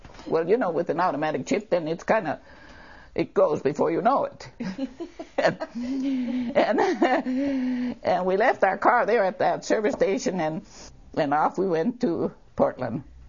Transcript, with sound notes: Well you know with an automatic shift then it's kinda - it goes before you know it. (both laugh) And we left our car there at that service station and - and off we went to Portland